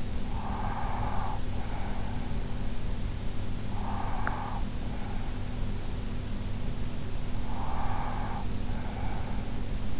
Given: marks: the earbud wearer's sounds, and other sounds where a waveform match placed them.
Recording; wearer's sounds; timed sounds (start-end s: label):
sounds in sleep by an in-ear microphone; breath
0.00-2.22 s: breath
3.58-5.49 s: breath
7.43-9.98 s: breath